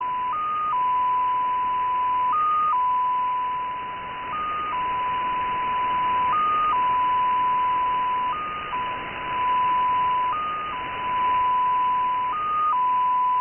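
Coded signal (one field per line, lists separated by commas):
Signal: numbers station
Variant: XPA2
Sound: steady tone with a short higher blip about every two seconds, seven blips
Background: radio static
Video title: XPA2 16338 USB 10-14-2018 1500z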